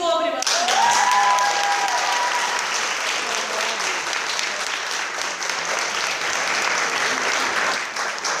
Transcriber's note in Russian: аплодисменты